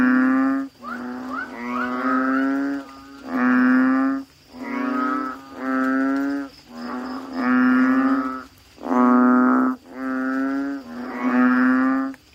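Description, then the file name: Frog chorus: many rich, bleating notes follow one another with little pause, several callers overlapping above a continuous low drone. "suara kodok bangkong"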